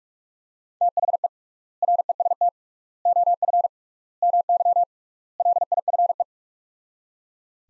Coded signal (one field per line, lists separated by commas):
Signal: Morse code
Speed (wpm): 42 wpm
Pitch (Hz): 700 Hz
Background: none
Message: THE REST OF MY LIFE